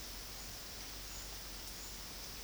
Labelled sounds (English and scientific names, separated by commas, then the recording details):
none
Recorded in dense forest near Puerto Asís, Putumayo, Colombia, on 20 February 2024 at 13:00
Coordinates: 0.481, -76.318
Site G6421